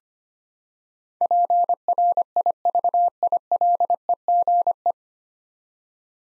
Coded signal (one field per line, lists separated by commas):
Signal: Morse code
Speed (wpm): 25 wpm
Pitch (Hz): 700 Hz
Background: none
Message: PRIVILEGE